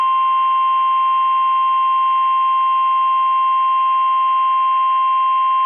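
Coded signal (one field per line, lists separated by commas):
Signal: Emergency Alert System (SAME) tones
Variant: 1050 Hz attention tone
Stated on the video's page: Required Weekly Test from NOAA Weather Radio in the Twin Cities.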